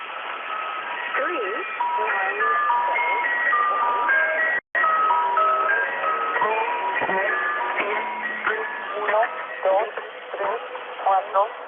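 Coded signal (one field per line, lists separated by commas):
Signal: numbers station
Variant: Lincolnshire Poacher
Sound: electronic folk-tune melody in steady stepped notes over hissy shortwave noise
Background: radio static, some speech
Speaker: in tracking the Lincolnshire poacher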